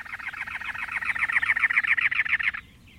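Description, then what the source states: Cactus wren song: a fast, harsh, chugging series of rasping notes lasting about two and a half seconds, then silence. Sung while perched atop a many-lobed cactus in the Arizona desert in late April, already over 90 degrees by 11 a.m.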